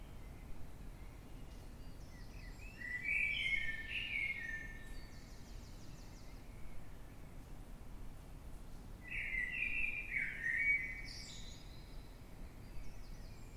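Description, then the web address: Eurasian blackbird delivering two warbled flute-like phrases several seconds apart, each trailed by brief high twittering, against a constant low-pitched rumble. Recorded in the dead of night, 3:50 am, in London, UK, on 9 March 2026. "Blackbird Dead Of Night. in-the-dead-of-night-london-uk-on-9 th-march-2026-at-3-50 am-by-eleanor-mcdowall"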